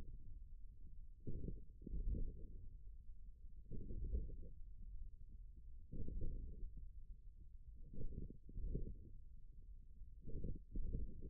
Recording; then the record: forearm muscle sounds (acoustic myography)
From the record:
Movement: ulnar deviation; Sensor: system 1, eight BSWA MPA416 microphones around the upper forearm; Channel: 6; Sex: male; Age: 41 years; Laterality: right